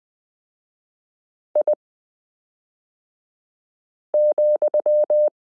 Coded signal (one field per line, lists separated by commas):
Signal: Morse code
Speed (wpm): 20 wpm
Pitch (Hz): 600 Hz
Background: none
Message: I,